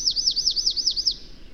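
Bird song: six high, sharply down-slurred chirps in quick, even succession, then fading to quiet hiss.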